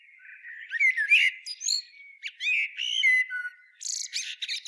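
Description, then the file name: Common blackbird warbling continuously, fluted notes interspersed with high, scratchy twittering flourishes. "Turdus merula"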